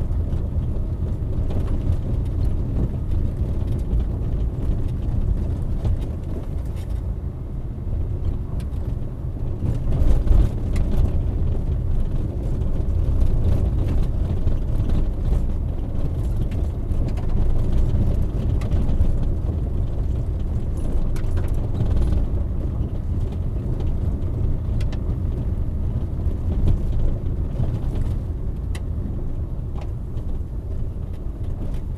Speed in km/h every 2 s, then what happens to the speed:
28, 28, 26, 25, 25, 25, 23, 23, 25, 25, 26, 28, 28, 27, 23, 17.
0-25 steady at about 25. 25-32 slows to 17.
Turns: none.